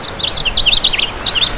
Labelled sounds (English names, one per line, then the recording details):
House Finch song
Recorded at Bridgehampton on Long Island, New York, on 22 June 2013
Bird G